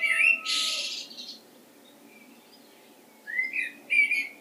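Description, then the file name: Common blackbird with a harsh, noisy burst at the start, then a quiet pause, then a few short, rising squeaky notes near the end. "Turdus merula"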